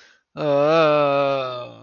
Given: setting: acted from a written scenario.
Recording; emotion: vocal sound without words; sadness